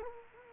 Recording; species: mosquito wingbeat signal from an infrared sensor; Culex quinquefasciatus